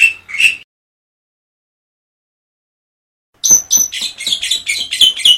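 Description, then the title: Black-winged myna calls: a short pair of harsh notes, then after a silence a rapid run of loud, raspy, chattering notes around the upper-middle pitch. "Jalak Putih"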